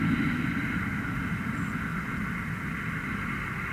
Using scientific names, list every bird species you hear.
Turdus merula